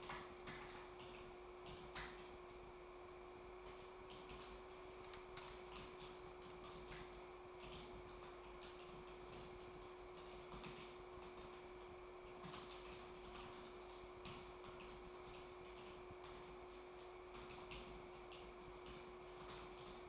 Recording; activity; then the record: daily activity, microphone in the room; typing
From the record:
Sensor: 1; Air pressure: 1004.5 hPa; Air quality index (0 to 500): 196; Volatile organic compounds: 17 ppm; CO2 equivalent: 2592 ppm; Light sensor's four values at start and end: 4/11/4/4 and 4/11/4/4